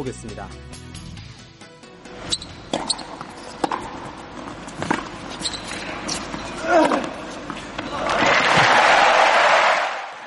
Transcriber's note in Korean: 녹취: 테니스 경기 현장음